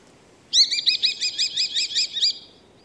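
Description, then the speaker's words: Common kestrel giving a quick run of many shrill repeated notes in under two seconds, with steady low noise beneath. Played back. "Jag tänker vi kan bara lyssna på hur tornfalken låter."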